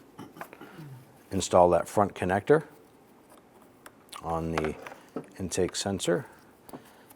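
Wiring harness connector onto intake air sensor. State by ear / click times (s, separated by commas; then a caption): not seated / none. A wiring harness front connector is handled near the intake air sensor of a 2005-2010 Chrysler 300 while someone talks, with a few faint, brief handling ticks between the words. The connector has not seated or clicked in yet.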